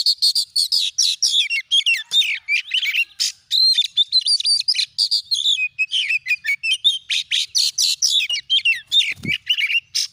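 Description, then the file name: Oriental magpie-robin pouring out a long, dense stream of high buzzy chips and warbled whistles, barely pausing for ten seconds. "Suara Kacer"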